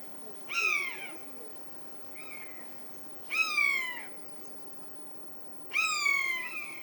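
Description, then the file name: Eurasian jay giving drawn-out, descending mewing calls about every two and a half seconds, with a softer, shorter mew in between; faint background hiss. "Garrulus glandarius"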